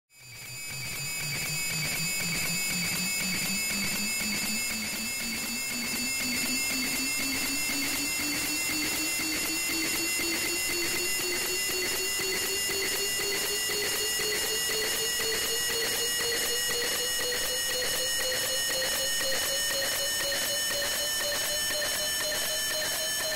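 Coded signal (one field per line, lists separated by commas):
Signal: weather satellite image (APT)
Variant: NOAA APT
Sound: noisy steady tones with a rhythmic tick-tock twice per second over hiss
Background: radio static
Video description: This is my software-defined radio prototype receiving weather satellite NOAA-19's APT signal on 137.1MHz.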